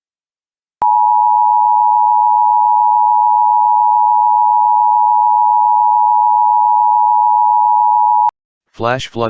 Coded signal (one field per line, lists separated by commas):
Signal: Emergency Alert System (SAME) tones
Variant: 853 and 960 Hz attention tone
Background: speech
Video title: EAS Shelter in Place Warning Norther Flagstaff, Arizona (Dangerous Flash Flooding!)